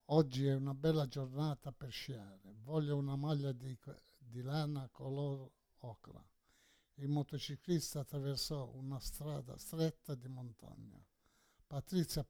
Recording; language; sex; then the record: read phrases; Italian; male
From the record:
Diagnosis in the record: Parkinson's disease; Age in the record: 68 years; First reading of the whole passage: 84 s, 6.2 characters per second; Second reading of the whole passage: 63 s, 8.2 characters per second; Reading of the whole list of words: 57 s, 5.0 characters per second